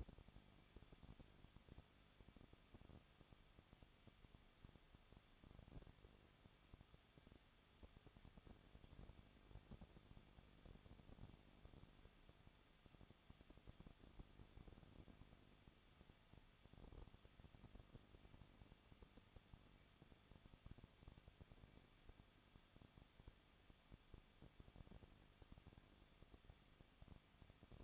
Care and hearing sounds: daily activity, microphone in the room; no activity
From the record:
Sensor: 4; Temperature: 23.0 degrees Celsius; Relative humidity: 34.0%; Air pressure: 1007.3 hPa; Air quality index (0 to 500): 215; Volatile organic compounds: 15 ppm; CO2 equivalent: 2479 ppm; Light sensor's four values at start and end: 2/3/1/1 and 2/3/1/1

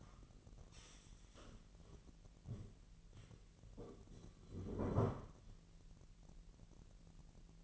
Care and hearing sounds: daily activity, microphone in the room; stand up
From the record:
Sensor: 4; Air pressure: 1002.7 hPa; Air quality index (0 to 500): 248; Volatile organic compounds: 31 ppm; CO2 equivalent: 2988 ppm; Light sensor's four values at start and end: 11/24/10/10 and 11/24/10/10

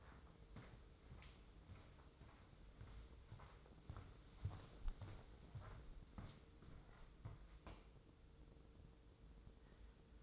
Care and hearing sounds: daily activity, microphone in the room; walk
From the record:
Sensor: 3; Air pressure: 995.9 hPa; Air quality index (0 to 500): 248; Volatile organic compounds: 1000 ppm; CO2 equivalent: 6364 ppm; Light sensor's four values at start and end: 42/103/45/48 and 40/99/43/46

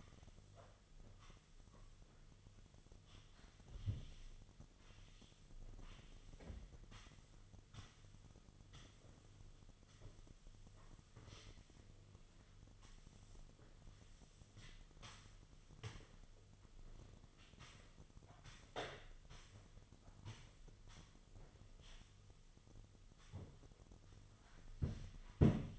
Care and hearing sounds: daily activity, microphone in the room; sweep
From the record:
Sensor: 4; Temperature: 26.3 degrees Celsius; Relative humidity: 32.1%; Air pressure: 1005.6 hPa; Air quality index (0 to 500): 110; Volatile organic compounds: 3 ppm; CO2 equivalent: 1367 ppm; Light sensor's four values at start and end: 13/29/11/11 and 13/29/11/11

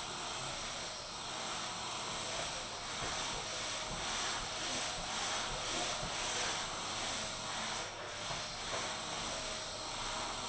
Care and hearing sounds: daily activity, microphone in the room; vacuum cleaning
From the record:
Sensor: 5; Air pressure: 999.4 hPa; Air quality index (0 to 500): 226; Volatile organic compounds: 23 ppm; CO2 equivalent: 2768 ppm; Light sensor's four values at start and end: 34/79/31/30 and 34/79/31/30

